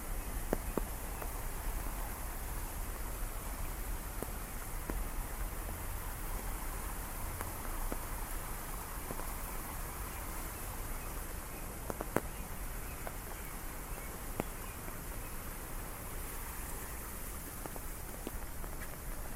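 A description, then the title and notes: Steady rain patters on an umbrella during a city walk, with frequent sharp drop clicks over a constant low traffic rumble. Umbrella Rain City Walk. A walk through a rainy city.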